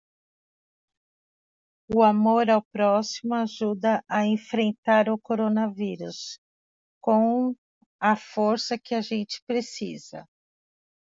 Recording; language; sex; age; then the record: spoken sentence; Brazilian Portuguese; female; 50 to 59 years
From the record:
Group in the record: control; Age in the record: 54 years